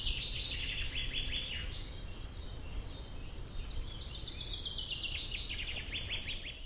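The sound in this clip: Bird song with rapid high chirps and trills in fast series, over a steady low background rumble.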